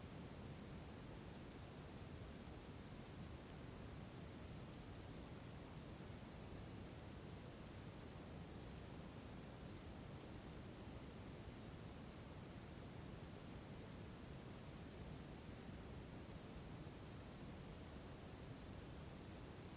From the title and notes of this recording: Snow falling softly on a winter night in the Carpathian Mountains, Northern Romania. Recorded with Sound Devices 633 and Sennheiser DMS. Carpathian Mountains - Winter Night - Snow Falling.